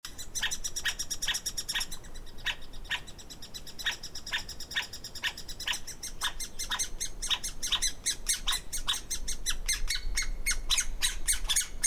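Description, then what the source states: Three-toed woodpecker calls, rapid repeated sharp squeaky notes in quick series, speeding into a dense chatter toward the end. Juvenile and adult birds.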